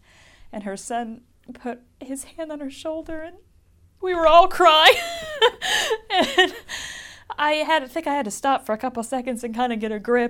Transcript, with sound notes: And, and her son put his hand on her shoulder and we were all crying. (she laughs) And I had to, I think I had to stop for a couple seconds and kind of get a grip.